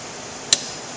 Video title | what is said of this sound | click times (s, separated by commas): Carrot Cake with Cream Cheese Frosting | there that's the safety if it doesn't click the machine will not turn on so | 0.5 s